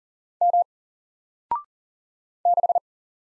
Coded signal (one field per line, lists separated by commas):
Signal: Morse code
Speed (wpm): 39 wpm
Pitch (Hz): 700 Hz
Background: none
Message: M 6